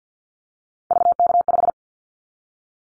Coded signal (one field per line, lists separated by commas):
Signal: Morse code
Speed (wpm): 50 wpm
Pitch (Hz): 700 Hz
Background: none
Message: VK5